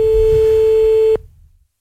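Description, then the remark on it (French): A telephone line tone heard while placing a call, on the fourth attempt, sounds as one steady, mid-pitched beep lasting about a second before cutting off abruptly, with a faint low rumble underneath and no voices. “Donne-moi le téléphone. Bon, du coup, on avait appelé une quatrième fois, du coup.”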